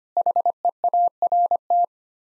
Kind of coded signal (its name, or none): Morse code